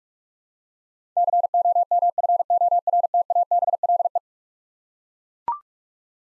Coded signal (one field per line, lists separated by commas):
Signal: Morse code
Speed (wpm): 42 wpm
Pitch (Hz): 700 Hz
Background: none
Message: COMFORTABLE